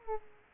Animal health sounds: mosquito wingbeat signal from an infrared sensor; Aedes aegypti

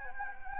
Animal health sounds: mosquito wingbeat signal from an infrared sensor; Anopheles gambiae

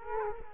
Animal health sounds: mosquito wingbeat signal from an infrared sensor; Culex quinquefasciatus

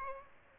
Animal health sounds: mosquito wingbeat signal from an infrared sensor; Aedes albopictus

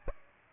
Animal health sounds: mosquito wingbeat signal from an infrared sensor; Aedes aegypti

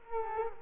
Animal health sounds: mosquito wingbeat signal from an infrared sensor; Culex quinquefasciatus

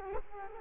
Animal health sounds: mosquito wingbeat signal from an infrared sensor; Culex quinquefasciatus

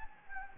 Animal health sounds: mosquito wingbeat signal from an infrared sensor; Anopheles gambiae

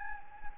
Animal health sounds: mosquito wingbeat signal from an infrared sensor; Anopheles gambiae

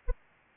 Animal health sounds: mosquito wingbeat signal from an infrared sensor; Anopheles arabiensis

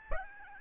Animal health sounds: mosquito wingbeat signal from an infrared sensor; Aedes albopictus

